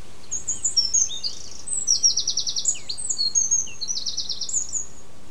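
Eurasian wren song: rapid, very high, metallic trills and sharp notes tumbling in bursts for about five seconds over a faint steady background hiss.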